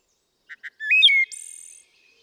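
Wood thrush song phrase: two soft introductory notes, a liquid rising flute-like whistle, then a thin high trill.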